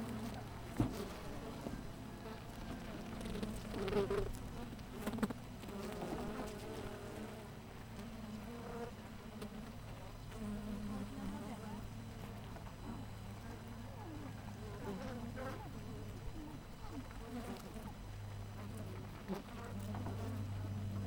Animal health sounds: honeybee colony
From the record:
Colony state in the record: missing queen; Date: 14 July 2017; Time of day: 7:18

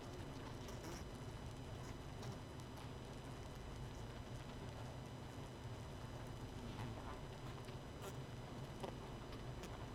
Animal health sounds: honeybee colony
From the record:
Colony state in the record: missing queen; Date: 31 May 2018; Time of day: 21:30

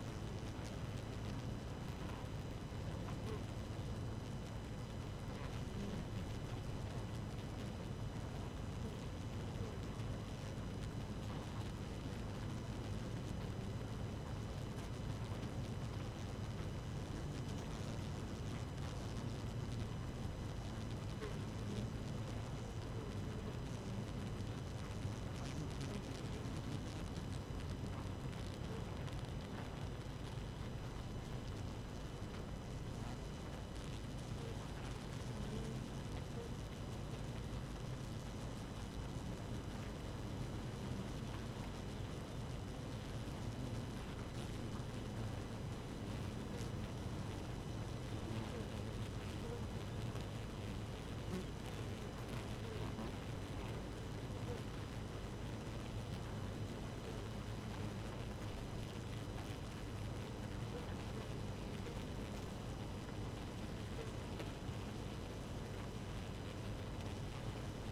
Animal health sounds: honeybee colony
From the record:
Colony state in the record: active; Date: 12 June 2018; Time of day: 4:14

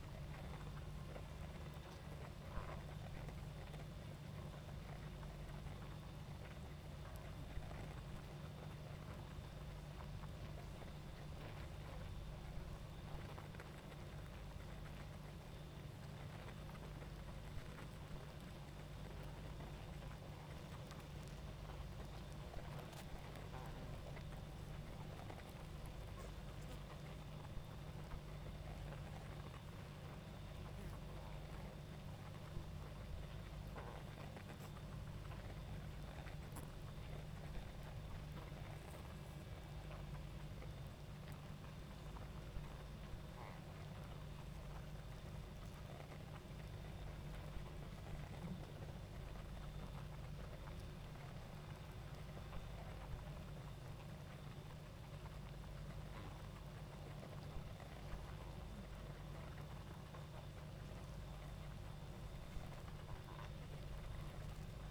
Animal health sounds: honeybee colony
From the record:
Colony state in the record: active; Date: 28 July 2017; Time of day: 20:08

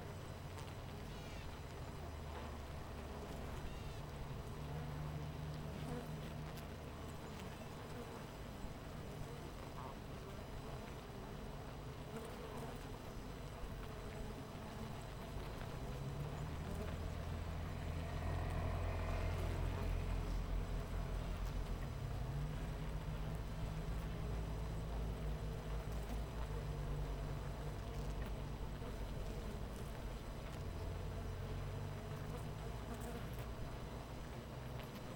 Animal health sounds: honeybee colony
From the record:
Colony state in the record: missing queen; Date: 14 July 2017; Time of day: 8:41

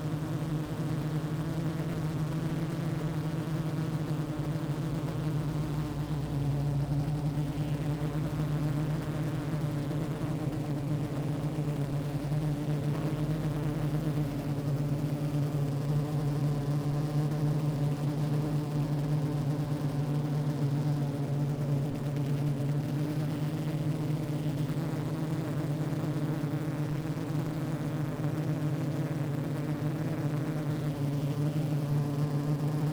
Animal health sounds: honeybee colony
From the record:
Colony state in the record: active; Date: 28 July 2017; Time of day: 15:20

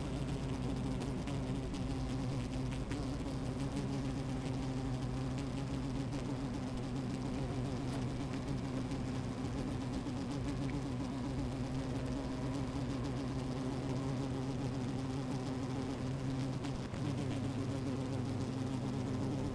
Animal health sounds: honeybee colony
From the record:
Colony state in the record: active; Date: 28 July 2017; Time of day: 12:13

